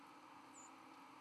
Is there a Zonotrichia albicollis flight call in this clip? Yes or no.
no